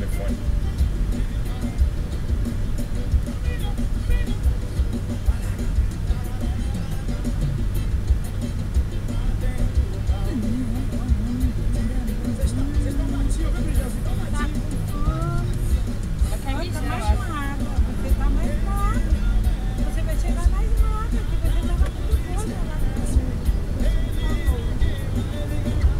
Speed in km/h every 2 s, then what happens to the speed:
52, 54, 54, 54, 53, 52, 54, 53, 54, 56, 58, 62, 68.
0-15 steady at about 53. 15-26 speeds up to 68.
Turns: none.